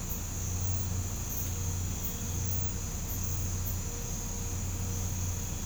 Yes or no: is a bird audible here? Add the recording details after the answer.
no. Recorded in pastures near Puerto Asís, Putumayo, Colombia, on 20 December 2024 at 05:30. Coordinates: 0.505, -76.324. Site G063